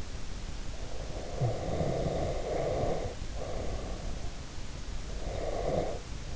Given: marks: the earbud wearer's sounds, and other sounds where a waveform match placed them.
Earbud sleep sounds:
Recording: sounds in sleep by an in-ear microphone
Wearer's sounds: breath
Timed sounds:
0.85-4.42 s: breath
5.07-6.36 s: breath

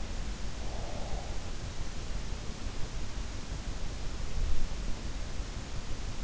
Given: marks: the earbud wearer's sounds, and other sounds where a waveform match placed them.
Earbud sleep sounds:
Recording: sounds in sleep by an in-ear microphone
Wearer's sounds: breath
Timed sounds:
0.17-1.44 s: breath

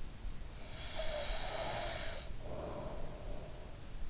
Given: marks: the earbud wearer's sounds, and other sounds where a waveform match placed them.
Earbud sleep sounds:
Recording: sounds in sleep by an in-ear microphone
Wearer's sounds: breath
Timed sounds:
0.79-3.71 s: breath

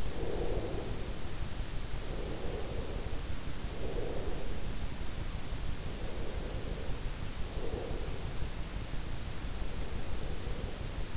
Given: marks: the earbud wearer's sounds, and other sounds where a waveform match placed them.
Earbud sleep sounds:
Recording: sounds in sleep by an in-ear microphone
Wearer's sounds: breath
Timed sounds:
0.00-3.44 s: breath
3.57-7.18 s: breath
7.47-11.17 s: breath

